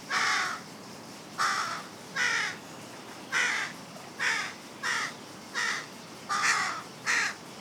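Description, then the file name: Carrion crow uttering a steady series of short, hoarse caws. "Corvus corone"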